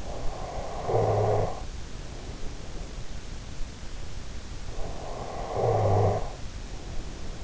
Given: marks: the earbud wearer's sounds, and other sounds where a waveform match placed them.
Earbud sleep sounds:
sounds in sleep by an in-ear microphone; snoring breath
0.04-2.60 s: snoring breath
4.86-7.44 s: snoring breath

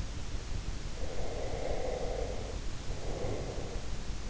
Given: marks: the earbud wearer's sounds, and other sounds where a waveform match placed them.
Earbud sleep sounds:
sounds in sleep by an in-ear microphone; breath
0.83-4.02 s: breath

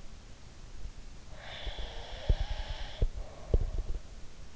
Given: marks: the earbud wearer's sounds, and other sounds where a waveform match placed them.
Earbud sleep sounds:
sounds in sleep by an in-ear microphone; breath
1.29-3.97 s: breath
1.63-4.03 s: sound from someone else or the room

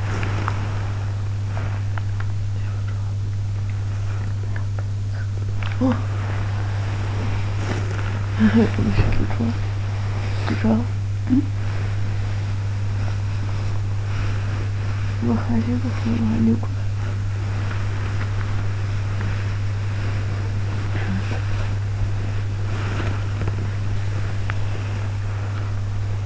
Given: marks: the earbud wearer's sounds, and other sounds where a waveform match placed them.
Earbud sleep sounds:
sounds in sleep by an in-ear microphone; body movement, talking in sleep
0.00-26.25 s: body movement
20.96-21.27 s: talking in sleep

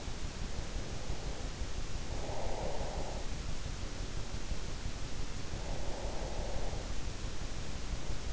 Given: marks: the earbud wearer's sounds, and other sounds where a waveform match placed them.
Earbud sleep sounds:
sounds in sleep by an in-ear microphone; breath
1.76-3.83 s: breath
5.45-7.16 s: breath

